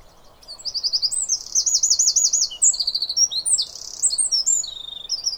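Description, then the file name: Eurasian wren song: a rapid, high, tumbling run of sharp trills and twittering notes lasting about five seconds, with a faint low hiss beneath. "Troglodytes troglodytes"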